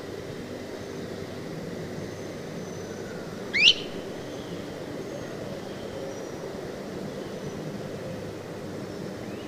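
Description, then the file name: Great crested flycatcher giving one sharp, rising whistled call near the middle, sweeping quickly upward, over a steady low background hum. "Geat Crested Flycatcher"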